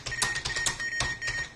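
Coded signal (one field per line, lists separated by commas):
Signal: Morse code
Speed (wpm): 38 wpm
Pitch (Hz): 1850 Hz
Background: none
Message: FROM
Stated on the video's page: Morse from a PIC32 keyer project being migrated to the PICadillo 35T, an early demo.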